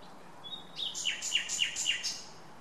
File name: Luscinia megarhynchos